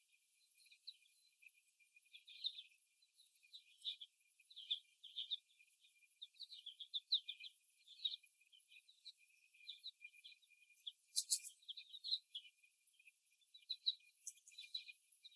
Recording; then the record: young laying hens in a cage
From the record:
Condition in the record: after the stressor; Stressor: simulated dog barking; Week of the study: 1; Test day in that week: 1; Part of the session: 3